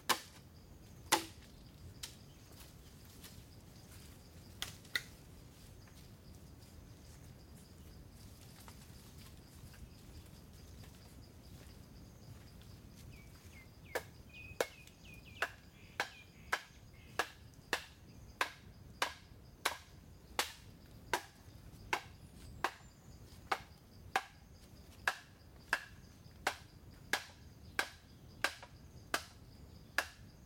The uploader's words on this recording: The sound of bamboo being split, hacked and shaved in Chiang Mai, Thailand. Recorded by Alex Boyesen. Bamboo being cut, Thailand.